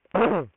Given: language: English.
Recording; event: throat vibration sensor signal played as sound; throat clearing